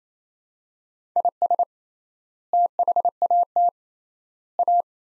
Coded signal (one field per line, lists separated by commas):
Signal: Morse code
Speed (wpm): 28 wpm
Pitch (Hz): 700 Hz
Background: none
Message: IS THAT A